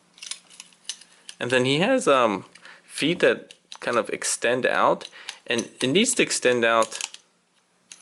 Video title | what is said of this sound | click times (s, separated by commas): Transformers Review: Mastermind Creations Kultur Preview | for a particular reason I'm sure but it doesn't click into place either way right now | none